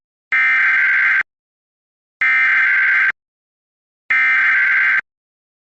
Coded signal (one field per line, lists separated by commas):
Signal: Emergency Alert System (SAME) tones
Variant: header bursts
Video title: EAS 156-159 - 2 Alerts from Milton + 3 Test Alerts